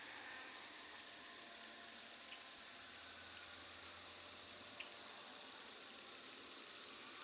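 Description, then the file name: Harris's sparrow giving four thin, very high, short call notes at uneven gaps, over a steady soft background hiss. "Harris's Sparrow - Zonotrichia querula"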